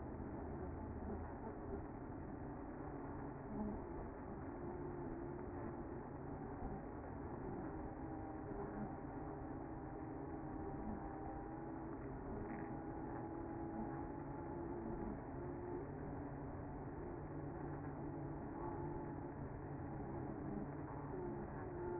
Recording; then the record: honeybee colony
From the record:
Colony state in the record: active